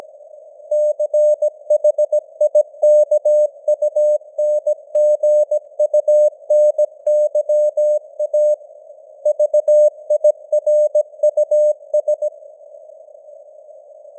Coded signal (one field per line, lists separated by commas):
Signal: Morse code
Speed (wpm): 17 wpm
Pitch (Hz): 600 Hz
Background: none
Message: CHIKUNGUNYA VIRUS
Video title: Morse Code News | 2025-11-14 | 17wpm